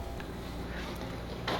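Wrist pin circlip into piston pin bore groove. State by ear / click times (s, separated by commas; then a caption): seated / 1.5 s. A steel wire circlip, the second one, is pushed by hand into the groove of the wrist pin bore on a two-stroke YZ250 piston. Over a steady low background, a faint tick comes at 0.2 s, then a sharp, bright click at 1.5 s as the circlip snaps into its groove. It is seated and checked all around so it will not pop out during riding.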